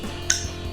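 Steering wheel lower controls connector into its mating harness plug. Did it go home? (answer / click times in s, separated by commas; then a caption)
yes / 0.3 s. The lower steering wheel controls wiring connector is plugged back into its mating harness plug during a Drake Muscle Cars steering wheel swap on a 2018-2023 Mustang. A single sharp click at 0.3 s rises over a low steady hum, with a fainter tap around 0.45 s. The connector is confirmed latched and seated.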